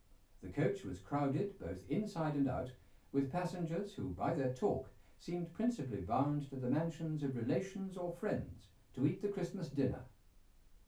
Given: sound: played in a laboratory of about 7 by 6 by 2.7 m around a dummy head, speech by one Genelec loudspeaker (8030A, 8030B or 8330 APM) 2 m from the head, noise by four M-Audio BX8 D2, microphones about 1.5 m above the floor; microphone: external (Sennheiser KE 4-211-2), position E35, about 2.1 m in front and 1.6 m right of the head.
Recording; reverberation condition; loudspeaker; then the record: male speech in English; low; 30 degrees to the left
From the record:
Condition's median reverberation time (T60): about 310 ms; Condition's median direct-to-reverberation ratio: about 3.5 dB